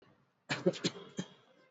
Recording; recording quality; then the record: shallow voluntary cough; excellent, no background noise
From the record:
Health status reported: exposed to COVID-19, no respiratory illness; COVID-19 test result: not tested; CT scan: not taken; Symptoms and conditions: none ticked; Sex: male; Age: 30 years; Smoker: no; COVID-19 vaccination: both doses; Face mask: worn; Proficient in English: yes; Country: India